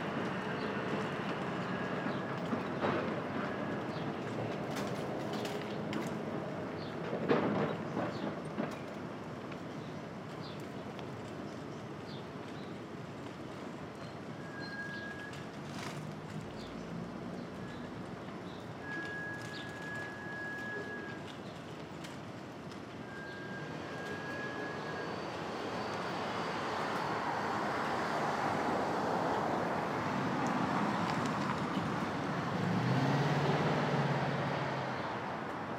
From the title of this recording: Brooklyn Dawn